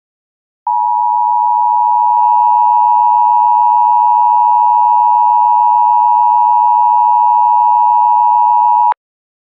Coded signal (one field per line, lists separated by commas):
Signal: Emergency Alert System (SAME) tones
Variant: 853 and 960 Hz attention tone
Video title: The Purge: An EAS Mini Scenario